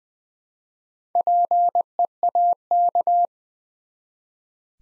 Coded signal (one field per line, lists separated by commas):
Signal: Morse code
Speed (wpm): 20 wpm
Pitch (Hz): 700 Hz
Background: none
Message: PEAK